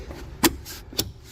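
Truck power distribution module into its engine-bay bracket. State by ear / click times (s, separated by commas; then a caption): seated / 0.4 s, 1.0 s. A replacement integrated power module (TIPM), a plastic fuse and relay box for a Cummins truck, is dropped back into its bracket in the engine bay and pressed down. Two sharp snaps ring out at 0.5 and 1.0 seconds over a low background hum. The module latches and is seated in its mount.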